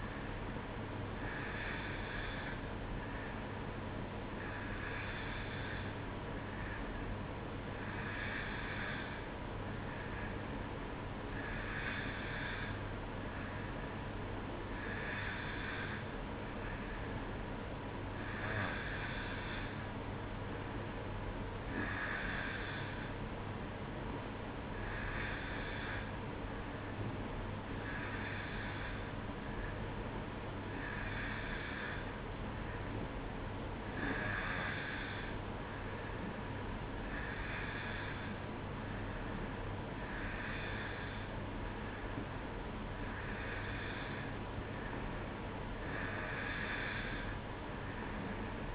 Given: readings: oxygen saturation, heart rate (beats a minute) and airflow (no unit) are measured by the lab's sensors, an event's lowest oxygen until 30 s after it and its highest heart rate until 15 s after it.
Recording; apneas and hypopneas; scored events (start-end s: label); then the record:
breathing in sleep by a voice recorder at the bedside; none
none scored
From the record:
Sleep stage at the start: N2 (light sleep); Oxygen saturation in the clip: 90 to 91%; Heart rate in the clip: 62 to 67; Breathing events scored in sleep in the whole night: 305 in 9.6 hours asleep